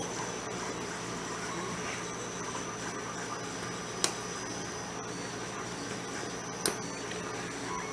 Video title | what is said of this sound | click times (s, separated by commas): Gription Intro - Strain relief for Anderson Power Poles - Hardened Power Systems | I don't know if you heard that but that's there's that satisfying little click when those crimped contacts slide over the over molded contacts and engage and snap them | 4.0 s, 6.7 s